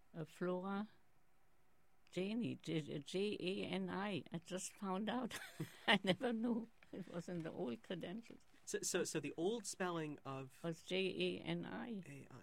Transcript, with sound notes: Flora…Jani. J-A-N-I, I just found out! (laughs) I never knew, it was in the old credentials.
So the old spelling of --
Was J-A-N-I.